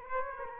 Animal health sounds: mosquito wingbeat signal from an infrared sensor; Aedes aegypti

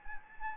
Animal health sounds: mosquito wingbeat signal from an infrared sensor; Anopheles gambiae

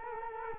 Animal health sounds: mosquito wingbeat signal from an infrared sensor; Culex quinquefasciatus

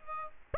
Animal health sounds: mosquito wingbeat signal from an infrared sensor; Aedes aegypti

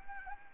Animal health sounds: mosquito wingbeat signal from an infrared sensor; Anopheles arabiensis

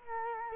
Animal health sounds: mosquito wingbeat signal from an infrared sensor; Culex quinquefasciatus

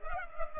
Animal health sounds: mosquito wingbeat signal from an infrared sensor; Culex pipiens

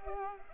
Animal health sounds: mosquito wingbeat signal from an infrared sensor; Culex pipiens

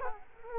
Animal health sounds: mosquito wingbeat signal from an infrared sensor; Culex quinquefasciatus

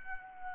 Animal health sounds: mosquito wingbeat signal from an infrared sensor; Aedes albopictus

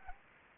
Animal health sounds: mosquito wingbeat signal from an infrared sensor; Anopheles gambiae

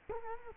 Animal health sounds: mosquito wingbeat signal from an infrared sensor; Culex quinquefasciatus

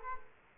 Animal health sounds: mosquito wingbeat signal from an infrared sensor; Culex quinquefasciatus

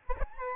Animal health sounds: mosquito wingbeat signal from an infrared sensor; Aedes albopictus

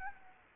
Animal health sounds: mosquito wingbeat signal from an infrared sensor; Anopheles gambiae

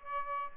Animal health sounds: mosquito wingbeat signal from an infrared sensor; Aedes albopictus

